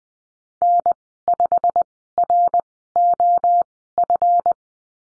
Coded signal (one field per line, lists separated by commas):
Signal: Morse code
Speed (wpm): 20 wpm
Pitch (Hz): 700 Hz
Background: none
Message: N 5 R O F